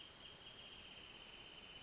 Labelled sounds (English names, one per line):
Wrentit